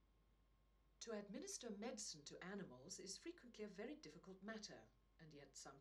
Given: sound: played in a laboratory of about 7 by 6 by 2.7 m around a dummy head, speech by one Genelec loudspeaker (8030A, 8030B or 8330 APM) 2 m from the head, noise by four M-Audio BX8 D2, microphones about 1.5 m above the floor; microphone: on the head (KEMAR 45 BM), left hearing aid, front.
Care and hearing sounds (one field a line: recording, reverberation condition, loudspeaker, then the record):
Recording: female speech in English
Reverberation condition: low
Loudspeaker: 30 degrees to the left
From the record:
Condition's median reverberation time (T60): about 310 ms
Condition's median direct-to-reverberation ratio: about 3.5 dB